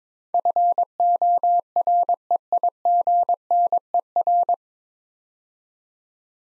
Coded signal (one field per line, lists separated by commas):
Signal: Morse code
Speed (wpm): 22 wpm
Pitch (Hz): 700 Hz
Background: none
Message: FOREIGNER